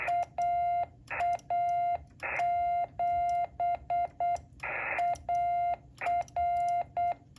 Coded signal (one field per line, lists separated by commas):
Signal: Morse code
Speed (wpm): 8 wpm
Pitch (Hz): 700 Hz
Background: none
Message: AA7AR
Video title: Don’t sell your radio! Let’s get you on the air!!!